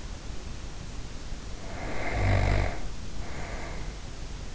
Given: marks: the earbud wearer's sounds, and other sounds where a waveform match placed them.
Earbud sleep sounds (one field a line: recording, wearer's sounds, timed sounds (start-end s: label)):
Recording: sounds in sleep by an in-ear microphone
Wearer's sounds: snoring breath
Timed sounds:
1.47-4.14 s: snoring breath